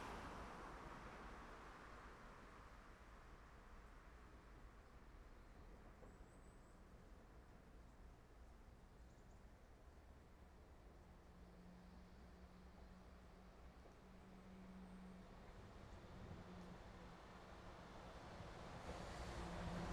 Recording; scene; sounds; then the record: everyday scene through a hearing-aid microphone; in traffic; traffic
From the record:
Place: main road on the outskirts, rush hour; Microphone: behind the ear, left, rear